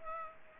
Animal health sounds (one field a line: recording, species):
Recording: mosquito wingbeat signal from an infrared sensor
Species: Culex pipiens